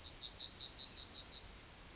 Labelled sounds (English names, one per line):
Yellowhammer song